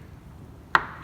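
A screw is turned backwards, in the unscrew direction, in a plastic part of an 18 kg industrial washing machine until it drops into its original thread. A single sharp click sounds at 0.8 s over a quiet background, then fades quickly. The screw has seated in its existing thread, so it won't cut a new one.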